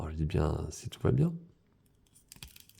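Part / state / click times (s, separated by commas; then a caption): plastic shield into the back of an action figure / seated / 2.3 s, 2.4 s. A plastic shield is clipped onto the back of an action figure, its small tabs going into the holes. Someone talks first, then after a quiet pause sharp plastic clicks come at 2.3 and 2.4 seconds as the shield seats easily, followed by a few softer ticks.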